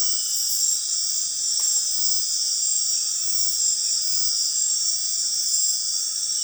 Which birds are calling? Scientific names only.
none